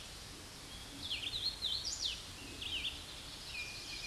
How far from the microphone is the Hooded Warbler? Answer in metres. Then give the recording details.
about 10 m. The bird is about 5 m above the microphone. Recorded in a Pennsylvania forest on 16 May 2024 at 07:36. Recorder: AudioMoth, point MSD-2258. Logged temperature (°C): 15.2 °C. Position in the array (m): 157 m, 89 m